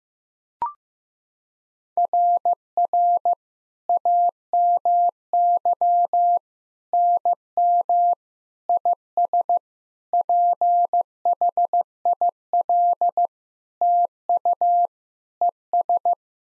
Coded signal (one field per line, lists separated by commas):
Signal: Morse code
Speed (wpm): 15 wpm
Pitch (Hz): 700 Hz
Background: none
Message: RR AMY NM IS PHIL TU ES